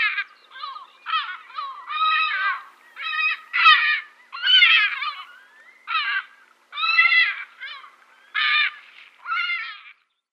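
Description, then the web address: Lesser black-backed gull giving a series of short, nasal, harmonic calls at irregular intervals. "Schulze Peter Lesser Black-backed Gull"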